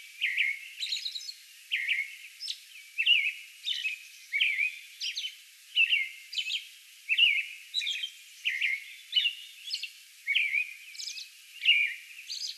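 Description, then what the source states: American robin singing a steady run of short, clear, warbled phrases, caroling up and down, often tipped with a thin, high, squeaky note. Recorded May 11; a song bout.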